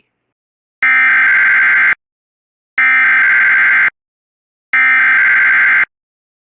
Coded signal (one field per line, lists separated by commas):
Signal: Emergency Alert System (SAME) tones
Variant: header bursts